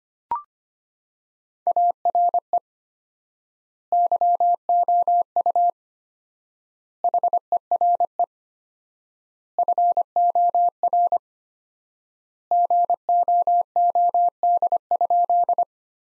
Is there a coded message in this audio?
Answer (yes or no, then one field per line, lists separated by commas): yes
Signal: Morse code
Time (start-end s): 1.7-15.6 s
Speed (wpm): 25 wpm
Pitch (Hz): 700 Hz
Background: none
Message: ARE YOU HERE FOR GOOD?